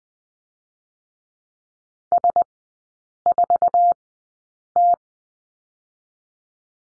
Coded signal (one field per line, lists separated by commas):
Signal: Morse code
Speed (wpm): 19 wpm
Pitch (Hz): 700 Hz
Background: none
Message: S4T